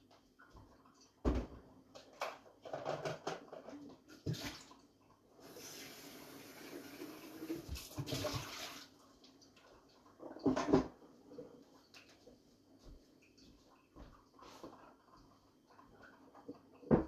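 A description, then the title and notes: Kitchen cooking sounds: scattered sharp knocks and clatters, with a dense hissing wash of pouring or sizzling from about five to nine seconds. ASMR Cooking. Chopping vegetables, frying onions, pouring water and so forth.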